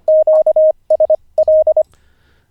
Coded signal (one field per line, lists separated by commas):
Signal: Morse code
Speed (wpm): 25 wpm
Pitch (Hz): 620 Hz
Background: none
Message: QSL